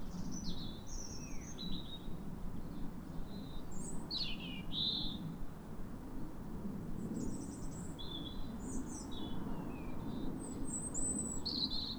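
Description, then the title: European robin song: thin, high, wavering phrases with sliding notes, given in short bursts, over a steady low rumble. Pair of robins in neighbouring gardens singing a duet at sunrise on New Year in winter, clear calm rosy morning after weeks of rain. "Sound Escape 150: Be uplifted by a chorus of New Year's robins"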